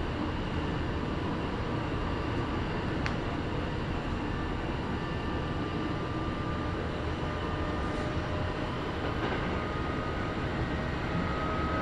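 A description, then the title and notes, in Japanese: A Kintetsu Osaka Line express rolls steadily from Nabari toward Yamato-Asakura, a dense, even rumble with faint whining tones and brief clicks near three and eight seconds. 近鉄大阪線 急行 名張→大和朝倉。平日のお昼時、そろそろ学生の乗り降りが始まりそうな時間帯です。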